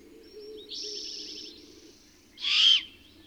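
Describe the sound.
Bird song: a high buzzy trilled phrase over low warbling, then a loud harsh burst near the end.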